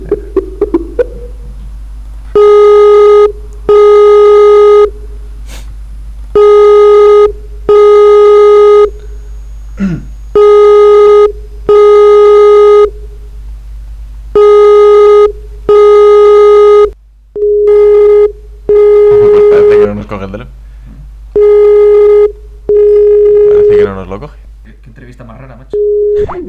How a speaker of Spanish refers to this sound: Parece que no nos coge el teléfono por ahora. La llamaremos ahora, trataremos de llamarla ahora en un momento.